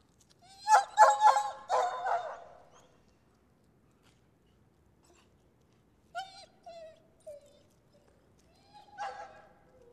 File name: Two dogs barking and whining in backyard